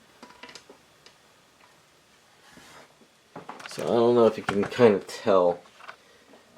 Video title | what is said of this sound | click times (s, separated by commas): Humming Bird Studio Bayonetta Scarborough Fair Repaint & Base Fix Statue | See, like this arm is not clicking in all the way because this fingernail and this fingernail sort of hit in here. | 5.9 s